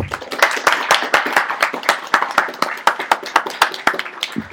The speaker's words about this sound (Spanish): Señores, me gustaría darles un aplauso a ustedes para contar todas mis tonterías. Muchísimas gracias.